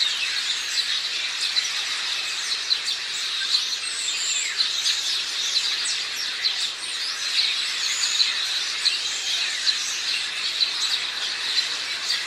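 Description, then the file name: House sparrows chattering in a dense flock, many overlapping high chirps blending into a continuous twittering wash throughout, with a few louder sharp notes standing out. "Passer domesticus"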